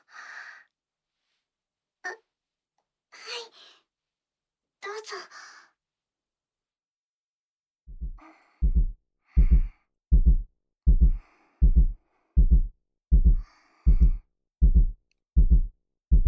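After several seconds of soft breaths and stethoscope handling noise, steady low thumps begin at about 80 beats a minute with an even, regular rhythm. These are clear, normal adult heart sounds heard through a stethoscope.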